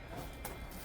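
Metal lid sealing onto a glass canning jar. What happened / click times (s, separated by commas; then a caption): The metal jar lid popped down and sealed / 0.4 s. A metal canning lid on a glass jar of pressure-canned salmon, just pulled from the cooker to cool, pulls down under vacuum. A single sharp pop sounds at 0.5 s over a steady background hum, and the lid seals.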